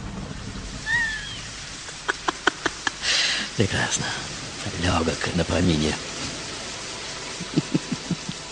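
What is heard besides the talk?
rain falling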